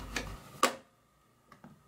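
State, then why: Seated. The printed circuit board of a Porsche Boxster 986 / 996 climate control unit is slid along two rails in its plastic housing and pushed fully home. Two sharp clicks at 0.2 s and 0.6 s mark the two clips locking the board in place, followed by two much fainter ticks near 1.5 s and 1.6 s. The board is seated and locked in the housing.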